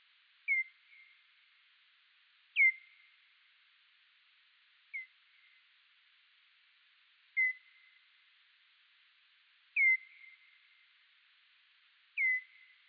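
Pipistrelle calls: six brief chirps that drop steeply in pitch and then flatten into a fading tail, repeating roughly every two and a half seconds against near silence.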